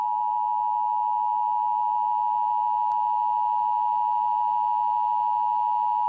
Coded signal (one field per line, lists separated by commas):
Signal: Emergency Alert System (SAME) tones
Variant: 853 and 960 Hz attention tone